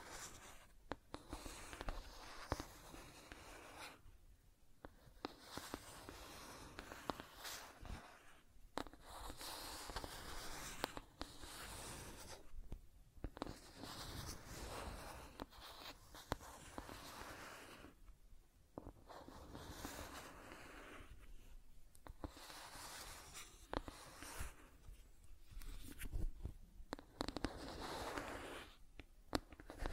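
Scratching and tracing sounds fill the clip, a dense run of dry, bright scraping strokes close to the ear. The strokes come in bursts of a few seconds, broken by brief pauses near 4, 9, 13, 18 and 22 seconds, in a small quiet room.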